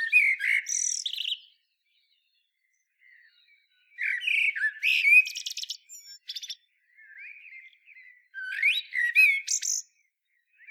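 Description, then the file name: Eurasian blackbird: flowing low whistles mixed with high squeaks and buzzy rattles, three phrases broken by brief silences. "Turdus merula"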